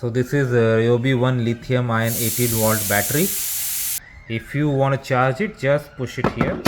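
Someone talks while handling a Ryobi One 18-volt lithium-ion battery that is about to be pushed onto its charger, with a steady broadband hiss from about 2.0 to 4.0 seconds. Nothing has seated or clicked yet.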